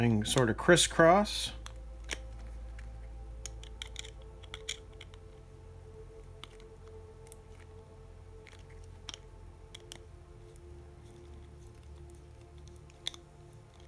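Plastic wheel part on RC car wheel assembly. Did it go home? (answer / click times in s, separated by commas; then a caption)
no / none. Someone talks briefly at the start while handling the plastic wheel parts of a Tamiya Fast Attack Vehicle RC car on the FAV chassis during step 25, the wheel assembly. Faint handling ticks and light rustling follow over a low steady hum. Nothing has seated or clicked into place yet.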